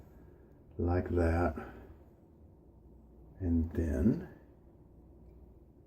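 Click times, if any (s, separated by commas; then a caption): none. With a blade laid in the head of a Merkur Futur safety razor (Gillette Nacet blade), the top cap is brought over and lined up before being pressed down. Someone talks in two short bursts, around 0.8–1.6 s and 3.4–4.2 s, over quiet background noise. The cap has not been pressed and nothing has seated or clicked yet.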